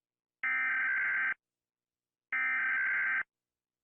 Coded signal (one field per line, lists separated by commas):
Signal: Emergency Alert System (SAME) tones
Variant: header bursts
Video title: Rating EAS alarms from around the world!